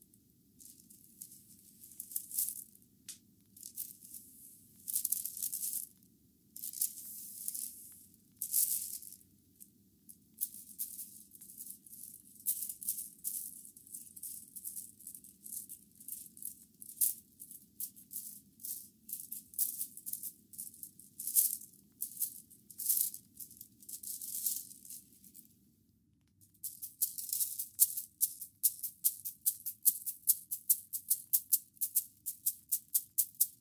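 Bamboo brooms swish in irregular crisp strokes over a low steady hum, switching after about 26 seconds to faster, even, rhythmic brushing.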